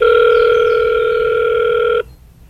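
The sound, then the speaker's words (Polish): A door intercom at a closed gate buzzes in one steady, loud electronic tone for about two seconds, then cuts off abruptly, leaving only a faint low hum. No one speaks. “Jest tam na pewno domofon, tam karteczka jest, wszystko i ten.”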